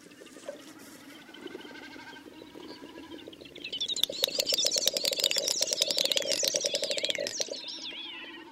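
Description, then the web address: Great snipe: quiet scattered notes at first, then a loud run of fast clicks beneath arching, bubbling high twitters that fade at the end. "Przyroda Ptaki Dubelt"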